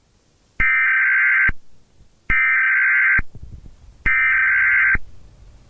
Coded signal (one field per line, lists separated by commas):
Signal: Emergency Alert System (SAME) tones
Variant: header bursts